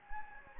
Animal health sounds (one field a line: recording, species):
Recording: mosquito wingbeat signal from an infrared sensor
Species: Anopheles gambiae